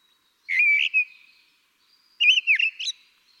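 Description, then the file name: Common blackbird giving two short phrases: first a clear sliding whistle, then after a pause a twisting run of fluty and squeaky notes. "Turdus merula"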